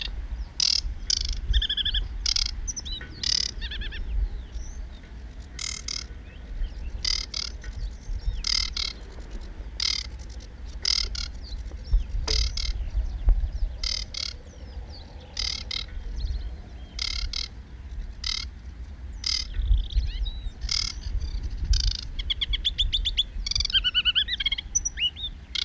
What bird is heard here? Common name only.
Aquatic Warbler